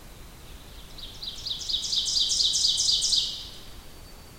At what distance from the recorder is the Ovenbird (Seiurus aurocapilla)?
about 15 m